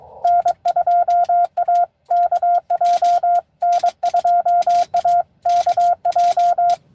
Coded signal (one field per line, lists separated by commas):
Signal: Morse code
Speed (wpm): 22 wpm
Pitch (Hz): 700 Hz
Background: radio noise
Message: N2AKJ N2AKJ